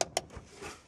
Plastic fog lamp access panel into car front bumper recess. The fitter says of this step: And then it should snap right into place.